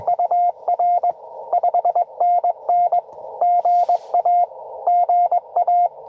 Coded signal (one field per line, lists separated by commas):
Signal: Morse code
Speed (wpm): 20 wpm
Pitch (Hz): 700 Hz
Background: radio noise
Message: UR 5NN GA GA